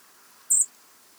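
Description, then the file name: European robin making a single short, thin, high-pitched seep note, steady in pitch, against near silence. "Erithacus rubecula"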